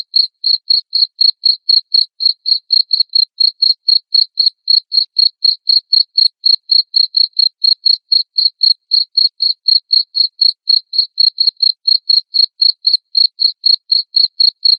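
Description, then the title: Cricket producing a steady run of loud, high chirps, about four per second, without a break. Loud cricket chirping played to make lovebirds sing (ngekek) continuously. "Suara JANGKRIK NGERIK Keras Bikin LOVEBIRD Jadi NGEKEK Terus Vubey"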